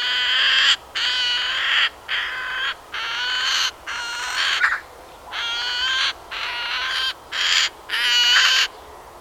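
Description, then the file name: Eurasian magpie sustained harsh rattling chatter, several grating bursts in quick succession with brief gaps between. "Pica pica"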